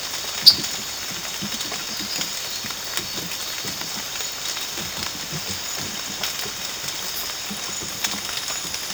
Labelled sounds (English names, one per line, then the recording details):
none
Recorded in dense forest near Puerto Asís, Putumayo, Colombia, on 8 March 2025 at 04:30
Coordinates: 0.486, -76.317
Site G053